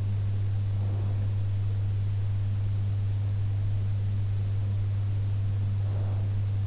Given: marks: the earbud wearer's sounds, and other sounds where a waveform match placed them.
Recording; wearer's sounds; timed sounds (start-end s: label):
sounds in sleep by an in-ear microphone; breath
0.50-1.60 s: breath
5.73-6.60 s: breath